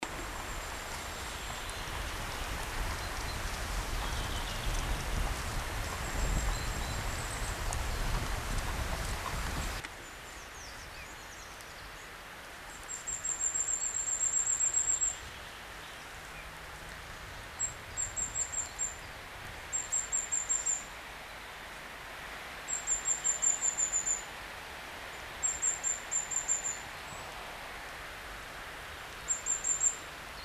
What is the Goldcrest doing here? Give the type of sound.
song